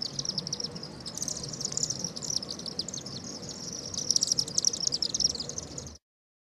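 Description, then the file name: Shrill swift screams, rasping high trills rising in intensity near the end before cutting off abruptly into silence. "Martinet"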